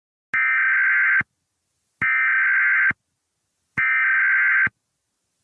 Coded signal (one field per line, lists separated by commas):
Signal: Emergency Alert System (SAME) tones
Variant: header bursts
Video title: EAS Scenario #30 The Darkness Nightmare